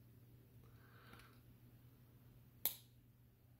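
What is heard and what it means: The elevation slider on a new steel rear sight leaf of an AK47 rifle is moved along the leaf; its stronger teeth make a faint sliding sound before it locks into a detent notch. A single sharp, very audible click sounds at 2.7 seconds as the slider seats in place.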